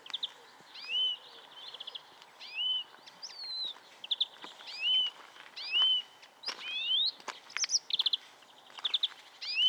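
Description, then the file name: European greenfinch giving repeated rising whistled sweeps mixed with quick chirping trills over a steady background hiss, with sharp clicks scattered through. "Chloris chloris"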